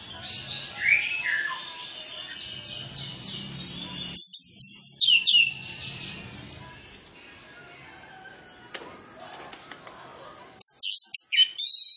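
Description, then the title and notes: Orange-headed Thrush song: quick, clear whistled phrases that rise and fall, in two loud bouts, over constant softer chirping. Master tutor recording of full 'isian' fill-in song, used as a lure so Orange-headed Thrushes quickly start singing fully (ngeplong). "Masteran Anis Kembang Full Isian Untuk Suara Pancingan Anis Kembang Agar Cepat Ngeplong. Suara Burung Anis Kembang"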